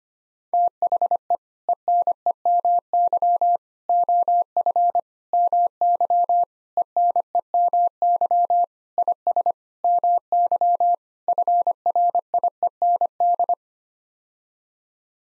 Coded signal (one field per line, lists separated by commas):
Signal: Morse code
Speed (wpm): 25 wpm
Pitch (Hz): 700 Hz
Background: none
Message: THE ENEMY OF MY ENEMY IS MY FRIEND